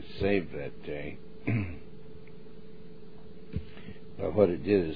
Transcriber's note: clears throat